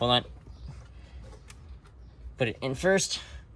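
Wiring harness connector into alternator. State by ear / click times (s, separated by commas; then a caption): not seated / none. A wiring harness connector is handled at the alternator of a 2010 Dodge Journey V6 after the alternator has been mounted, with the plug to go in before the clip is slid in. Someone talks at the start and end, with faint handling noises and a short sharp tick near 1.5 s in between. The connector has not been pushed home and nothing has seated or clicked yet.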